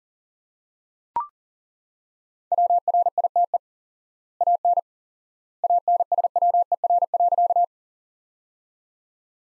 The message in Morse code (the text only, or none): WRITE AN ANSWER.